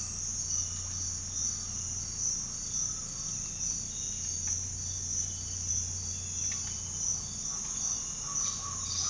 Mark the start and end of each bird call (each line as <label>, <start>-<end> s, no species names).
bird call, 0.00-3.43 s
bird call, 7.50-9.10 s